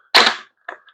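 The light holder piece of a modular plastic hydroponic tower is twisted onto a tower section: a loud, broad scraping burst from about 0.1 to 0.45 s leads into a sharp click at 0.7 s as the twist lock engages, followed by a faint tick near 0.9 s. The light holder is seated and locked in place.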